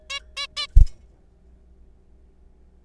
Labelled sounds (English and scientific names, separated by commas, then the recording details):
Zebra Finch (Taeniopygia guttata)
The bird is a juvenile
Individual R3428